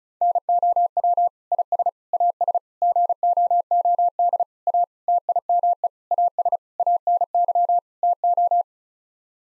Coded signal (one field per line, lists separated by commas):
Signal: Morse code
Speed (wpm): 34 wpm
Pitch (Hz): 700 Hz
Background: none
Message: NOW IS AS GOOD A TIME AS ANY TO